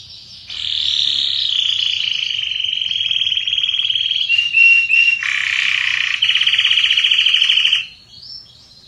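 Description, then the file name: Canary singing a sustained rapid trill, briefly broken by short whistled notes near the middle, then a coarser buzzing roll before stopping abruptly. Red Belgian canary. "canto do canario belga vermelho"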